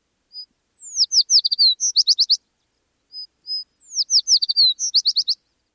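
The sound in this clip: American tree sparrow song: two soft high notes, then a descending slur into a quick series of notes, given twice about three seconds apart.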